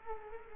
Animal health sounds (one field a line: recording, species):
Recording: mosquito wingbeat signal from an infrared sensor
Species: Culex quinquefasciatus